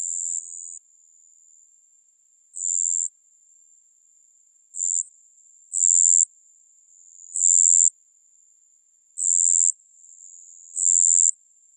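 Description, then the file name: Cricket calling: high, pure ringing bursts, most about half a second long, repeated every one to two seconds over a faint steady tone. "japanese crickets sequence"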